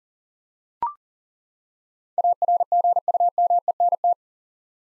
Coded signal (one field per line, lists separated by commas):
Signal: Morse code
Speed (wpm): 40 wpm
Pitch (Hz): 700 Hz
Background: none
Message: ARGUMENT